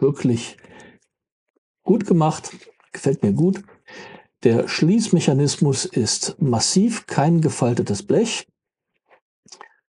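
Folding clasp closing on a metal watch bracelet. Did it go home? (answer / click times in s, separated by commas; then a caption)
yes / 9.5 s, 9.6 s. Someone talks for most of the clip while the solid, not folded sheet metal, folding deployant clasp of a metal watch bracelet is closed. Near the end, after a pause, it snaps shut with two quick clicks at 9.5 s and 9.6 s, latching in cleanly.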